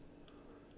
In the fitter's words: and click in place